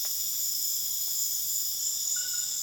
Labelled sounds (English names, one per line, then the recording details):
none
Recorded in dense forest near Puerto Asís, Putumayo, Colombia, on 29 June 2025 at 21:00
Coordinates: 0.484, -76.325
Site H65